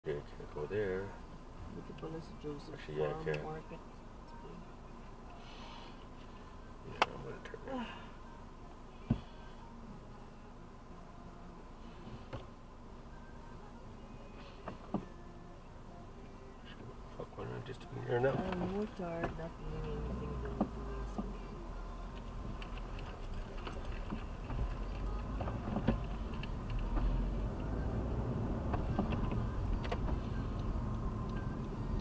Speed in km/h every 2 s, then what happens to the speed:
0, 0, 0, 0, 0, 0, 0, 0, 0, 0, 3, 6, 13, 20, 30, 25.
0-19 standing. 19-27 pulls away to 30.